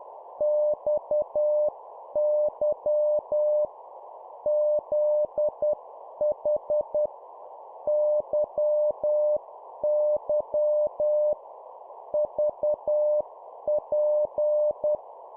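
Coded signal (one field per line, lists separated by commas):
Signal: Morse code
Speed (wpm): 10 wpm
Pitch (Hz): 600 Hz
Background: none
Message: XY ZH YY VP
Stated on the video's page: Morse drill of two-letter words at 10 wpm.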